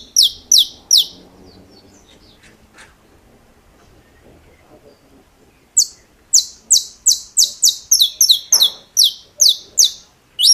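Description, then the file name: Saffron finch song: a few high, sharp chirps, a pause of several seconds, then a longer rapid run of descending chirps, some doubled. "Canto-do-Canário-da-Terra"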